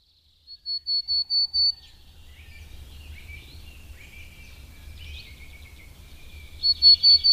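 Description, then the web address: Willow tit singing five steady whistled notes in quick succession, then a stretch of softer twittering and warbling, then four more loud, pure whistles. "Madardalok - Kormosfejű cinege"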